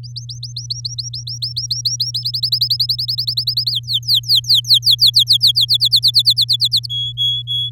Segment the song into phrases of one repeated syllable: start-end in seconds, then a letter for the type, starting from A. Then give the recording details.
0.03-2.24 A, 2.25-3.71 B, 3.72-5.65 C, 5.68-6.86 D, 6.89-7.70 E. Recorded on 8 May 2018 at 15:38. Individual llb16